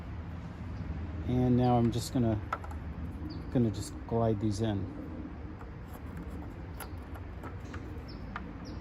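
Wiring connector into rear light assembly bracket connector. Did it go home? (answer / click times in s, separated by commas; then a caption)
no / none. A wiring connector is glided toward the mating connector on the rear light assembly bracket of a 2019 Ford Escape while the bracket and the female connector are held still. Someone talks briefly, followed by faint handling ticks and small plastic contacts. The connector has not seated or clicked yet.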